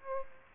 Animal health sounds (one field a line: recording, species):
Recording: mosquito wingbeat signal from an infrared sensor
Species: Aedes aegypti